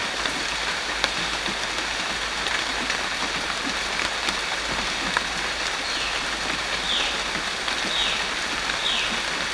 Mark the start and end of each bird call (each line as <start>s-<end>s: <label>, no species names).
6.79s-9.08s: bird call